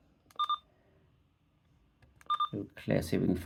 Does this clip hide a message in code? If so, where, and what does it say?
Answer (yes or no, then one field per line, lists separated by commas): no